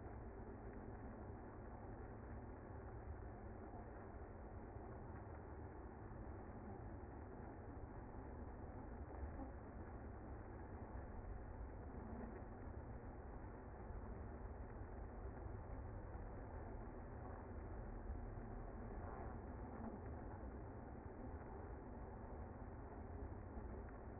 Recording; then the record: honeybee colony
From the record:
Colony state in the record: active